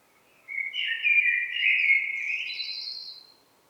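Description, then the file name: Eurasian blackbird song: a single rich warbling phrase of about three seconds, low flowing whistles that lift into thinner, higher notes before fading. "Turdus merula"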